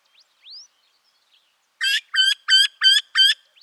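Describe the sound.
Eurasian wryneck calling, a series of five loud, nasal, evenly spaced 'quee' notes about three per second, preceded by a faint thin rising whistle.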